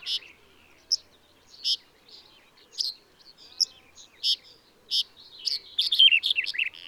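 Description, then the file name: Red-headed bunting song: bright, high chipping notes spaced about a second apart, building into a faster run of varied notes at the end. Song recorded in a field at Karaguma, Kazakhstan, on 22 May 2011. "110522 BIO rhbun-S kz karaguma-acker"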